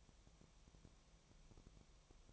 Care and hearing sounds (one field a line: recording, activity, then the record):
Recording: daily activity, microphone in the room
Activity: no activity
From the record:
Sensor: 1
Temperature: 19.4 degrees Celsius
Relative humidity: 35.7%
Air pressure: 1003.3 hPa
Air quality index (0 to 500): 113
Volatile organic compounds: 2 ppm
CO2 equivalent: 1258 ppm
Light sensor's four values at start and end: 1/2/1/1 and 1/2/1/1